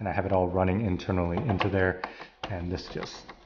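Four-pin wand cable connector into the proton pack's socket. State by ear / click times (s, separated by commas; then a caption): not seated / none. A four-pin connector on a wand cable, carrying two pins for power and two for audio, is handled at its socket on a Hasbro Haslab Ghostbusters Proton Pack with the wiring run internally. Someone talks throughout, with no distinct impact sounds. Nothing has seated or clicked yet.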